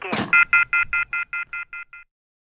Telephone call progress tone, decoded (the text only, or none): off-hook warning tone